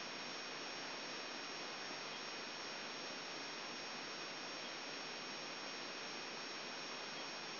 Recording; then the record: brain microelectrode recording played as sound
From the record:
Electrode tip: outside the subthalamic nucleus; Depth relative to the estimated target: -4 mm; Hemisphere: left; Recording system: AlphaMap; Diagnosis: Parkinson's disease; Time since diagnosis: 7 years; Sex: male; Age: 59 years